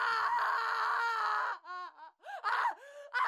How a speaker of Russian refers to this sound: Но когда Рита уже стала погружаться в освободительную дрему, из детской, где спала Лика, раздался истошный крик.